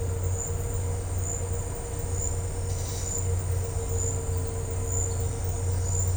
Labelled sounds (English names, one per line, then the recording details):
none
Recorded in dense forest near Puerto Asís, Putumayo, Colombia, on 4 March 2025 at 11:30
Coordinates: 0.468, -76.322
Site GP01